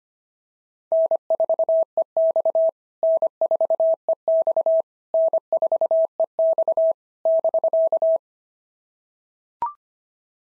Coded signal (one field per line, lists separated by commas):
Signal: Morse code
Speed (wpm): 24 wpm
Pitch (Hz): 650 Hz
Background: none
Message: N4EX N4EX N4EX <BK>